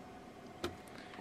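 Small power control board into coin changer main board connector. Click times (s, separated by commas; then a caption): 0.6 s. A small universal power supply update control board is pressed onto the main board connector's plug position inside an American Changer coin changer, replacing the old red plug connection after a power supply failure. Over a steady low background, a short, sharp snap rings out at 0.6 s as the new board seats into place.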